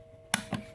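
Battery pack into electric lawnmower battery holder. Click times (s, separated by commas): 0.3 s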